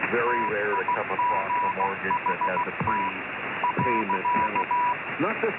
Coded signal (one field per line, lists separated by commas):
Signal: Morse code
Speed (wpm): 15 wpm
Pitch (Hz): 980 Hz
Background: speech, radio noise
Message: TIGHT .